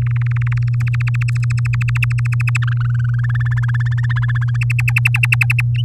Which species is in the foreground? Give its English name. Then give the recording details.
Domestic Canary. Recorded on 8 May 2018 at 14:29. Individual llb16